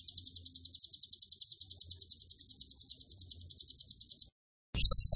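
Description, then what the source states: Bird gives a long, quiet, fast series of high notes, falls silent briefly, then bursts into loud, sharp chirping. Masteran (training) recording of a bird singing vigorously (gacor) in the tembakan style.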